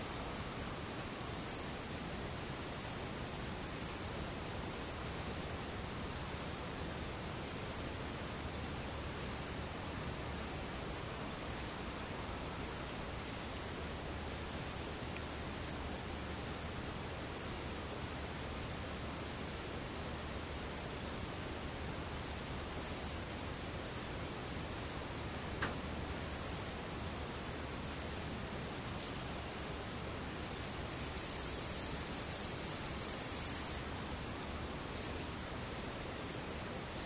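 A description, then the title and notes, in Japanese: A near-silent hiss with insects faintly trilling high up in steady, evenly spaced pulses all the way through. A low hum sits underneath, a single soft click lands around 25 seconds, and a brighter insect buzz swells briefly near 31–34 seconds. 無音たまにセミムシ。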